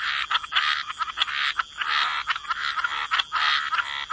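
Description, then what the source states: Frogs croaking together, dense overlapping calls rising and falling in loudness. Frog chorus.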